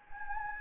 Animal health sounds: mosquito wingbeat signal from an infrared sensor; Anopheles gambiae

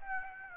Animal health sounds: mosquito wingbeat signal from an infrared sensor; Aedes aegypti

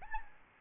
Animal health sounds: mosquito wingbeat signal from an infrared sensor; Aedes albopictus

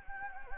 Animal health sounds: mosquito wingbeat signal from an infrared sensor; Anopheles gambiae

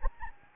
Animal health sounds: mosquito wingbeat signal from an infrared sensor; Anopheles gambiae

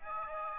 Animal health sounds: mosquito wingbeat signal from an infrared sensor; Aedes aegypti

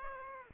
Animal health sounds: mosquito wingbeat signal from an infrared sensor; Aedes aegypti

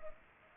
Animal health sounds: mosquito wingbeat signal from an infrared sensor; Culex pipiens

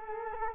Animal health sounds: mosquito wingbeat signal from an infrared sensor; Culex quinquefasciatus

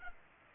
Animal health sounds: mosquito wingbeat signal from an infrared sensor; Culex pipiens

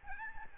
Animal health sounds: mosquito wingbeat signal from an infrared sensor; Aedes albopictus

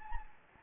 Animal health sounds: mosquito wingbeat signal from an infrared sensor; Anopheles gambiae

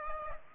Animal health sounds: mosquito wingbeat signal from an infrared sensor; Aedes aegypti

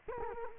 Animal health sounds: mosquito wingbeat signal from an infrared sensor; Culex quinquefasciatus

